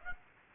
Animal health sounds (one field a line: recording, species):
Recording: mosquito wingbeat signal from an infrared sensor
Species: Aedes aegypti